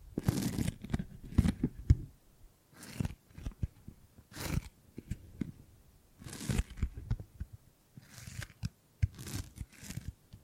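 Gripping and grabbing sounds come in short bursts of rough, scraping handling, like material being seized and pulled. The bursts arrive irregularly, roughly every one to two seconds, with a dull low thud under each and crisp tearing edges, separated by near silence.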